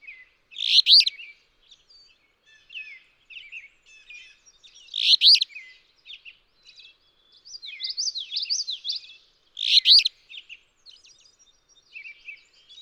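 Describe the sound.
Alder flycatcher singing a rough, buzzy phrase about every four and a half seconds, while another songbird adds soft slurred warbling notes in the gaps.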